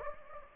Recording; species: mosquito wingbeat signal from an infrared sensor; Anopheles gambiae